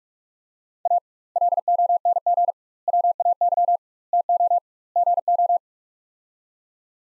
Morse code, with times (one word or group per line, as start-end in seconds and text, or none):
0.9-1.0 A
1.4-2.5 LONG
2.9-3.8 WAY
4.1-4.6 TO
5.0-5.6 GO